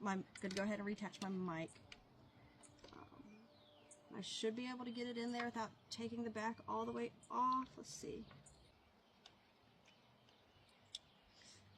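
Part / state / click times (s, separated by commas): communication headset microphone mount into helmet side clip / seated / 10.9 s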